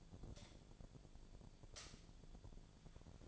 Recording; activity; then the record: daily activity, microphone in the room; light on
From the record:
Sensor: 5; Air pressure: 1009.8 hPa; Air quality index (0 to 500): 159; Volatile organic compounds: 4 ppm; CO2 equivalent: 1546 ppm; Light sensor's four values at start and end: 165/418/174/186 and 165/419/175/187